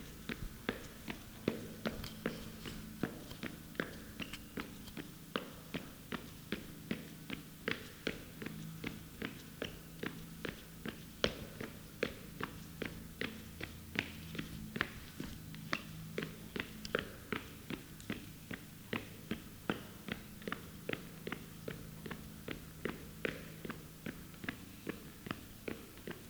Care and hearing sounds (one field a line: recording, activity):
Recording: daily activity, guitar pickup as the sensor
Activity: run